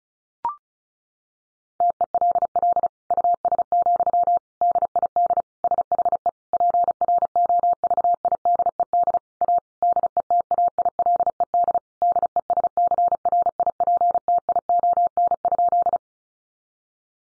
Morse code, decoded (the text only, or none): TELL US, DID SHE PROVIDED A DETAILED DESCRIPTION?